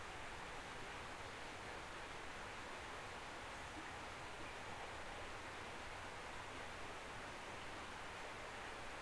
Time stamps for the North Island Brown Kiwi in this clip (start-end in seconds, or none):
none